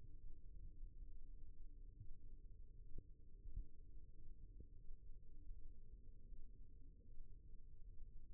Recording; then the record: forearm muscle sounds (acoustic myography)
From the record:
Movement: rest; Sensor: system 1, eight BSWA MPA416 microphones around the upper forearm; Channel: 3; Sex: male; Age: 23 years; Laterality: right